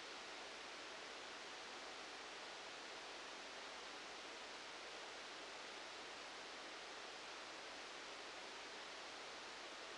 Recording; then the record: brain microelectrode recording played as sound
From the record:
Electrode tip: outside the subthalamic nucleus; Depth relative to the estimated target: -10 mm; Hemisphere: right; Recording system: NeuroSet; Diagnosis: Parkinson's disease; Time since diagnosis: 19 years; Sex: female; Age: 69 years